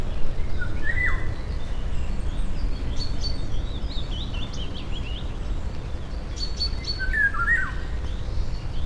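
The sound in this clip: Eurasian golden oriole song: two short, fluty whistled phrases, one near the start and one near the end, with other small birds chirping higher and a steady low rumble throughout.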